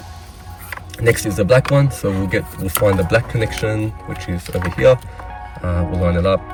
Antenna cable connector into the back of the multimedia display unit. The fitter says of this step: so line up the antenna um and click that should click into place